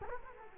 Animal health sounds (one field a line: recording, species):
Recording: mosquito wingbeat signal from an infrared sensor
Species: Culex quinquefasciatus